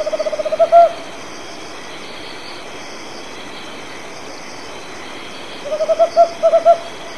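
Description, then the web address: Tropical Screech-Owl calling twice: a fast rolling series of hoots ending in a stronger note, then a trill finishing with a few louder, separated hoots, insects droning behind. Recorded in Argentina. "cantos alilicucu"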